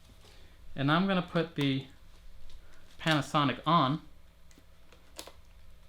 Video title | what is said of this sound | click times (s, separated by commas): Nissin Di700A Flash Review and Air 1 Commander Review for Micro Four Thirds (M43) and Canon Body | make sure it clicks because if it doesn't click that means is not tight enough okay and then | 5.2 s